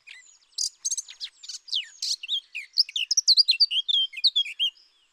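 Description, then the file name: Eurasian blackcap song, starting with sharp chattering notes, then a clear, loud run of fluty warbled phrases. "Sylvia atricapilla"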